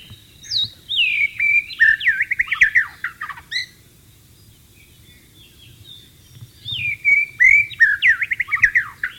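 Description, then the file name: White-rumped shama song, two similar phrases of descending whistles running into rapid warbled trills, separated by about three seconds of quiet. Wild bird, in the wild. "suara burung murai batu di alam liar"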